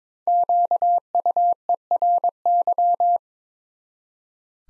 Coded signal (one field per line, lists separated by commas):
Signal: Morse code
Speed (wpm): 22 wpm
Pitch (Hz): 700 Hz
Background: none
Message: QUERY